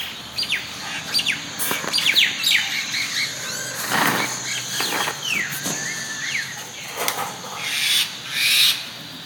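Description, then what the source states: Bird calls and song: a busy run of short chirps and quick sweeping whistles, several falling in pitch, mixed with sharp clicks and brief rushing bursts. Recorded 10 February 2019.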